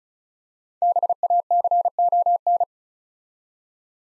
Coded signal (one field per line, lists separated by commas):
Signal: Morse code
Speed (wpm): 36 wpm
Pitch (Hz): 700 Hz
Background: none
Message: BACON